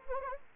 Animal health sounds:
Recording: mosquito wingbeat signal from an infrared sensor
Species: Anopheles arabiensis

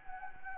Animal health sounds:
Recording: mosquito wingbeat signal from an infrared sensor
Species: Anopheles arabiensis

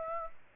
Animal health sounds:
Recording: mosquito wingbeat signal from an infrared sensor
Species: Aedes aegypti

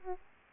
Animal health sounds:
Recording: mosquito wingbeat signal from an infrared sensor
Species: Aedes aegypti

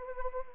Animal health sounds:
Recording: mosquito wingbeat signal from an infrared sensor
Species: Anopheles arabiensis

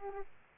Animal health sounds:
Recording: mosquito wingbeat signal from an infrared sensor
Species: Aedes aegypti

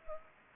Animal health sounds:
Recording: mosquito wingbeat signal from an infrared sensor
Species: Culex pipiens

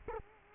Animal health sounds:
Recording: mosquito wingbeat signal from an infrared sensor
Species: Culex quinquefasciatus

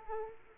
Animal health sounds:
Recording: mosquito wingbeat signal from an infrared sensor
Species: Aedes aegypti

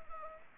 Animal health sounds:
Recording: mosquito wingbeat signal from an infrared sensor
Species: Anopheles arabiensis

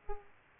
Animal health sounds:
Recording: mosquito wingbeat signal from an infrared sensor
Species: Aedes aegypti

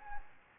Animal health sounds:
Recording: mosquito wingbeat signal from an infrared sensor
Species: Anopheles gambiae

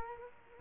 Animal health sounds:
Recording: mosquito wingbeat signal from an infrared sensor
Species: Culex quinquefasciatus

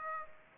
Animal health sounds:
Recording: mosquito wingbeat signal from an infrared sensor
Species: Aedes aegypti

